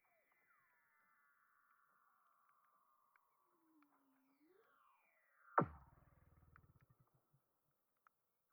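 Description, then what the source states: Weddell seal calls: soft, drawn-out whistles gliding downward, one short rising sweep, then a sharp knock followed by a rapid low pulsing trill that slows and stops. Antarctica.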